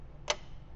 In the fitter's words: So, you're just going to have to push it until it clicks open.